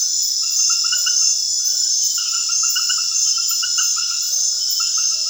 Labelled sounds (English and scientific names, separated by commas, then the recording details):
none
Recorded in secondary vegetation near Puerto Asís, Putumayo, Colombia, on 29 June 2025 at 21:30
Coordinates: 0.498, -76.327
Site GP09